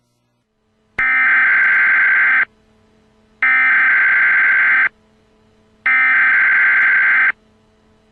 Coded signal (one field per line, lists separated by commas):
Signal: Emergency Alert System (SAME) tones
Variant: header bursts